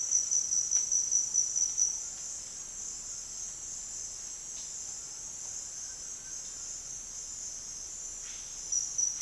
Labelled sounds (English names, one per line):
none